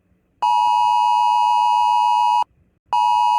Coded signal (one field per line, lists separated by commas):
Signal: Emergency Alert System (SAME) tones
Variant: 853 and 960 Hz attention tone